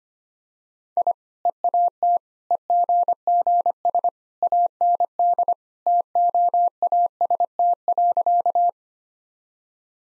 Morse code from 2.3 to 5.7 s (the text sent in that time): EGGS AND